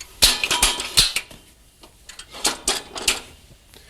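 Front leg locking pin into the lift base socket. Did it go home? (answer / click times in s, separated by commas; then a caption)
yes / 2.7 s. The front leg of a Genie Lift portable material lift sits in the base socket while the spring-loaded locking pin on its back side is pulled and released, with a series of sharp metallic clatters and knocks. A sharp metallic click at 2.7 s marks the leg locking into place, and the leg is seated.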